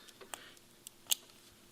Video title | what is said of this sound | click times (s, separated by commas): THE SKID FACTORY - V8 Turbo Ford Fairlane [EP8] | and you push it through until it clicks, | 1.1 s